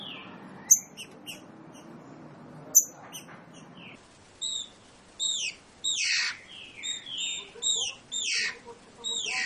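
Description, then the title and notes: Green-winged saltator singing a string of descending, slurred whistles, each note sliding down, after a few early clicks. Trinca-ferro classic song (canto clássico), for training birds' song. "Canto Clássico Trinca Ferro TREINAMENTO. trinca fero"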